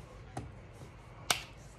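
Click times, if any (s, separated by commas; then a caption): 1.3 s. A new rose gold Apple iPad Air (4th generation, released October 2020) is fitted into its plastic Moko protective case with a transparent back, to guard against dropping and cracking it. A softer click at 0.4 s is followed by a loud, sharp snap at 1.3 s as the front snaps into the case. The tablet is seated in the case, and it went in fairly easily.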